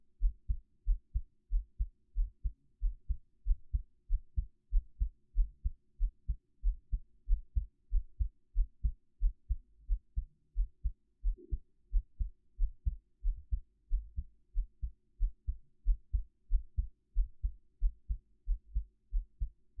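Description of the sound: Steady paired low thumps at about 92 beats a minute, close-miked with a 3Dio binaural microphone; an ordinary adult heartbeat with no talking.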